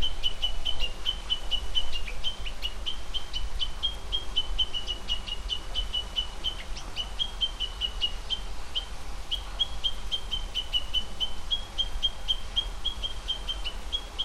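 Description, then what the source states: Japanese bush warbler calling in a long, unbroken run of quick ticking notes, about three a second, over a continuous low hum. Alarm call.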